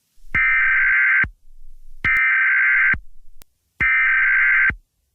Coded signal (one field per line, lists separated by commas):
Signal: Emergency Alert System (SAME) tones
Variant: header bursts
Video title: EAS Scenario- The BloxWatch